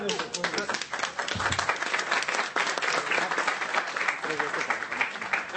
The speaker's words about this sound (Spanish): Por cierto, un aplauso para él.